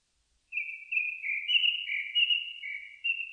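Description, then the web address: Japanese thrush in a continuous run of sweet, slurred whistles, notes overlapping and varying in pitch across the whole short stretch. Recorded 4 May 2001. "2001 010504 kurotugumi"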